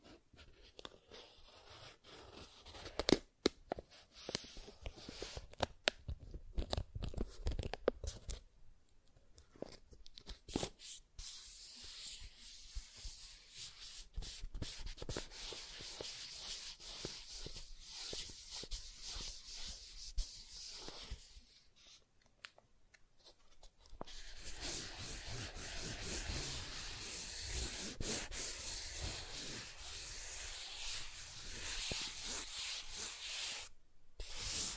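Soft tracing over smooth and rough surfaces, heard as a continuous light rubbing and scratching with small taps and clicks scattered through the first twenty seconds. After a brief near-silent gap around 22 seconds, a steadier, brighter hiss of rougher scraping carries through to the end.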